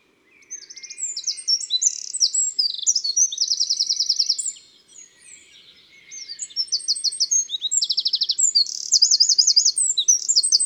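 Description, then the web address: Eurasian wren song: fast, loud cascade of high notes and rattling trills, briefly pausing then resuming with more sharp repeated trills. In February. "Fevrier Le Troglodyte mignion. les 4 saisons des chants doiseaux"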